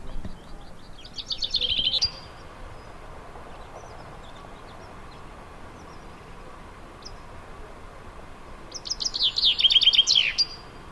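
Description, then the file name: Common chaffinch song: two bright descending trills, each ending in a short flourish, the first near the start and the second about eight seconds later, over a steady low background hum. "Fringilla coelebs"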